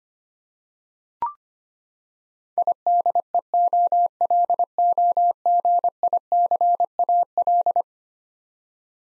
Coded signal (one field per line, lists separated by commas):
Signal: Morse code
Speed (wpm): 25 wpm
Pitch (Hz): 700 Hz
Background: none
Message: IDEOLOGICAL